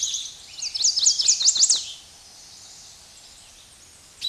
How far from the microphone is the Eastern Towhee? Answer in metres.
about 5 m